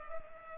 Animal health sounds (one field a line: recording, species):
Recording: mosquito wingbeat signal from an infrared sensor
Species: Culex pipiens